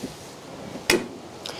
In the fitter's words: It's an audible click.